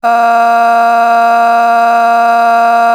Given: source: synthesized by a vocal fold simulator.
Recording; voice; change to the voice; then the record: sustained vowel; female; a random mix of aspiration noise, stiffness perturbation and strain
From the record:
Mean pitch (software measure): 233 Hz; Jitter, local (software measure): 0.74%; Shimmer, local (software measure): 5.0%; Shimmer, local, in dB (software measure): 0.44 dB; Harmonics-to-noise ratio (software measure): 19.6 dB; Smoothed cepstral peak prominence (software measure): 15.6 dB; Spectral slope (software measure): -17.8 dB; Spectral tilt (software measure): -8.3 dB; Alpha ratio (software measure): -8.3 dB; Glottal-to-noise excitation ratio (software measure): 0.929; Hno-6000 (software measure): 1.9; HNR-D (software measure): 42.4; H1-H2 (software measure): -0.1 dB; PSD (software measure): 3.4e-05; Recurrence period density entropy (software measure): 0.118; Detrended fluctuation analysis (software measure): 0.0111